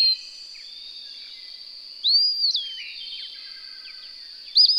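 Bird song: a single loud whistled phrase that sweeps up then slides down, with shorter notes at the start and end, over a steady high-pitched hiss.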